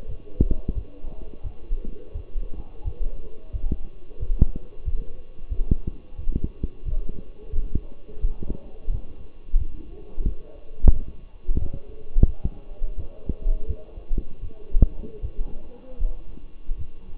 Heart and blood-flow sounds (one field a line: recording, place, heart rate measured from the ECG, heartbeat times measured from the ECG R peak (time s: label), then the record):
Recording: heart sounds by stethoscope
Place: between the tricuspid and mitral areas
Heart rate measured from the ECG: 86 bpm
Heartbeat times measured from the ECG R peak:
0.07 s: heartbeat
0.74 s: heartbeat
1.43 s: heartbeat
2.13 s: heartbeat
2.84 s: heartbeat
3.52 s: heartbeat
4.19 s: heartbeat
4.85 s: heartbeat
5.49 s: heartbeat
6.17 s: heartbeat
6.85 s: heartbeat
7.51 s: heartbeat
8.20 s: heartbeat
8.90 s: heartbeat
9.57 s: heartbeat
10.25 s: heartbeat
10.92 s: heartbeat
11.59 s: heartbeat
12.26 s: heartbeat
12.96 s: heartbeat
13.67 s: heartbeat
14.41 s: heartbeat
15.21 s: heartbeat
15.98 s: heartbeat
16.77 s: heartbeat
From the record:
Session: walking at 3.7 km/h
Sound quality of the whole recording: partially saturated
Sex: male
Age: 24 years